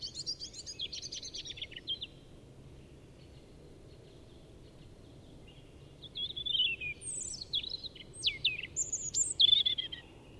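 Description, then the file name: European robin song: a burst of high, thin twittering notes, then a quiet gap, then a longer run of rapid, varied high trills and sliding whistles. "Erithacus rubecula"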